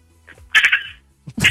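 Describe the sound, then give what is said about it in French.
A man imitating animals on request imitates a frog with two raspy, nasal croaks, the first drawn out and wavering, the second shorter after a brief pause, both loud against a quiet background. “Et vas-y, chope une grenouille après.”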